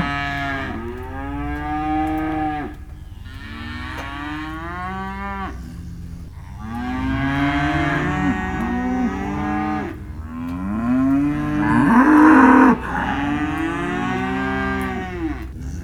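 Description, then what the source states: Cow: a herd of cattle lowing continuously, many overlapping arched moos, growing louder toward a strong bellow near the end. Cows and calves, several animals, described as disconsolate; recorded in December, on the 19th.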